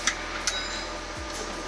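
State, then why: Seated. A flash hider with an extended finger latch is lined up on the barrel of a Zenith Firearms ZF-5 pistol-caliber carbine and pushed on until the latch snaps into place. Sharp metallic clicks are heard at 0.1 s and 0.5 s over a low steady hum. The flash hider is seated.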